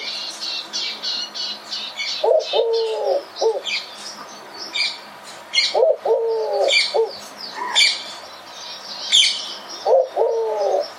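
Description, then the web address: Bird cooing, a low hooted phrase of a few notes repeated roughly every four seconds, over a busy chorus of high chirping and twittering birds. "Deverinetal 2025. Bird Only"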